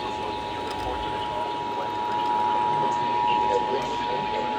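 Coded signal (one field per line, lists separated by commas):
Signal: Emergency Alert System (SAME) tones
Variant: 853 and 960 Hz attention tone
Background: speech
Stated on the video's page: Severe thunderstorm warning received on weather radio stations.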